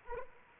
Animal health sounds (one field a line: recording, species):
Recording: mosquito wingbeat signal from an infrared sensor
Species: Anopheles arabiensis